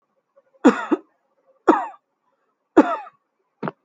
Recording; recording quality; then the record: shallow voluntary cough; excellent, no background noise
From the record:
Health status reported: healthy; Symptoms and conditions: none ticked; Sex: male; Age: 46 years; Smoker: not ticked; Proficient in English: yes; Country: India